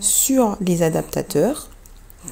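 An infant car seat is handled as it is put back onto a stroller, about to be clipped onto the plastic and metal adapters mounted on the frame, while someone talks. After the speech, faint handling sounds and a few small sharp ticks are heard near the end. Nothing has seated or clicked yet.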